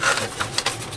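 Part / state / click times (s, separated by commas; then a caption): plastic rear hull section into the model ship's hull assembly / not seated / none. The plastic rear hull section of a 1/500 Space Battleship Yamato 2199 model kit is handled against the ship's hull assembly, with the LED wiring bent out of the way. Soft rubbing and light plastic scraping sounds are heard, with no one talking. Nothing has seated or clicked yet.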